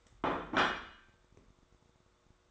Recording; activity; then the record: daily activity, microphone in the room; place plate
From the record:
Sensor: 3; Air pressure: 1004.3 hPa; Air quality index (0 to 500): 197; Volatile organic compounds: 14 ppm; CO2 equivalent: 2469 ppm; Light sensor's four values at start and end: 5/11/4/4 and 5/11/4/4